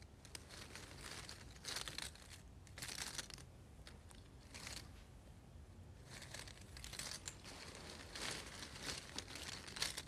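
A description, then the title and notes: Puzzle pieces are shuffled and handled, giving a crinkly, rustling clatter that comes in uneven bursts, brightest around two, three, and four and a half seconds, then again from six to nine seconds. A low, steady rumble continues underneath throughout. ASMR Pieces of a Puzzle.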